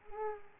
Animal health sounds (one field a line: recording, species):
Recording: mosquito wingbeat signal from an infrared sensor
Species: Culex pipiens